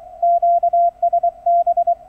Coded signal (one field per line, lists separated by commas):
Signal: Morse code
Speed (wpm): 25 wpm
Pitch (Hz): 690 Hz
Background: none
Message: QSB